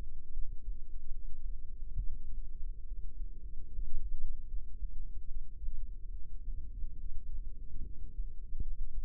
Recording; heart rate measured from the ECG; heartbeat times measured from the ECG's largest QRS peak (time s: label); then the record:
heart sounds by microphone in the left ear; 72 bpm
0.33 s: heartbeat
1.11 s: heartbeat
1.97 s: heartbeat
2.85 s: heartbeat
3.70 s: heartbeat
4.47 s: heartbeat
5.27 s: heartbeat
6.12 s: heartbeat
6.98 s: heartbeat
7.83 s: heartbeat
8.62 s: heartbeat
From the record:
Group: healthy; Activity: cold pressor test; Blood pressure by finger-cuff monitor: 102/49 mmHg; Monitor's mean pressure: 70 mmHg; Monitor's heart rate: 70 bpm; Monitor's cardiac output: 7.8 L/min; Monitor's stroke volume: 107 mL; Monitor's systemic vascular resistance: 640 dyn s/cm5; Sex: female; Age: 22 years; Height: 160 cm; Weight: 63 kg